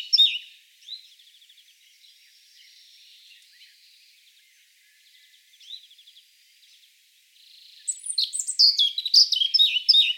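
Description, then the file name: Eurasian blackcap giving soft, buzzy subdued warbling with brief louder notes, followed by a loud, hurried burst of bright chirping notes at the close. "Sylvia atricapilla"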